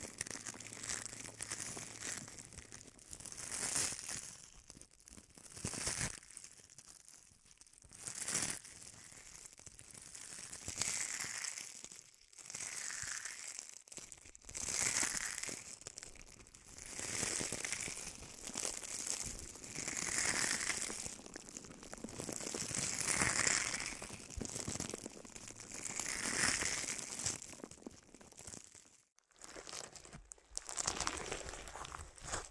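Bubble wrap and a sponge are handled in a steady series of crinkling, rustling bursts, each swelling and fading every two or three seconds. The sound is bright and hissy, with dense crackling texture throughout. A brief near-silent gap falls around the twenty-nine second mark.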